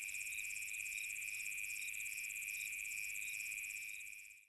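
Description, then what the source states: Cicadas give a constant shrill buzz with a rapidly pulsing layer, holding steady until the sound cuts off at the end. Cicadas in savanna on a summer afternoon.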